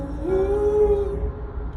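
Wolf howl: a smooth, steady mid-pitched tone that rises slightly, then holds level for about a second before trailing off, over a low rumbling background.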